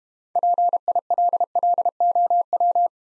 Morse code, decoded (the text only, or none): PILLOW